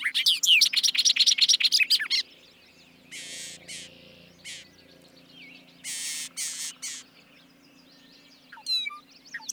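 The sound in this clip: Bobolink song: a dense burst of tumbling, tinkling notes for two seconds, then several harsh buzzy bursts and a few scattered chirps over a low background hum.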